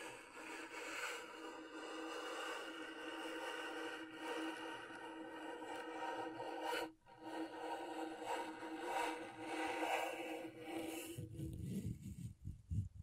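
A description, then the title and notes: Scratching on a scratchboard, a dense, rough scraping that runs almost without a break, with steady tones ringing through it. Around seven seconds the sound cuts out for an instant. Near the end it turns heavier and lower, with a few uneven strokes. ASMR Brain Tingling Scratchboard (No Talking).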